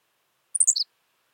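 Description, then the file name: Henslow's sparrow singing a single brief, high, insect-like phrase of a few clipped notes stepping downward, over a silent background. "Ammodramus henslowii - Henslow's Sparrow"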